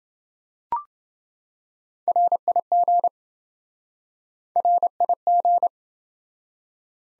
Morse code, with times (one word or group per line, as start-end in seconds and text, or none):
2.1-3.1 RIG
4.6-5.7 RIG